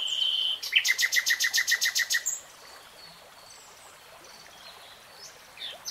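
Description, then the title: Nightingale song: a steady whistle followed by a rapid series of about ten loud repeated notes, then quiet with faint soft calls. Singing in real time, not sped up. "[Tiếng chim hót] REALTIME Nightingale Singing"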